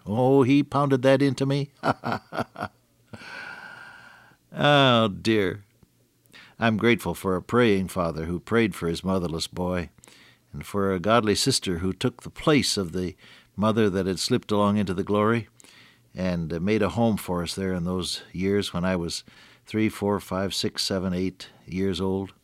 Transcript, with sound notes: Oh, he pounded that into me, [chuckle] Oh, dear. I’m grateful for a praying father who prayed for his motherless boy, and for a godly sister who took the place of the mother that had slipped along into the Glory and made a home for us there in those years when I was three, four, five, six, seven, eight years old.